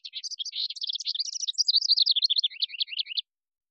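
A single house wren song, a hurried, gurgling stream of high trills and chatters lasting about three seconds, then silence.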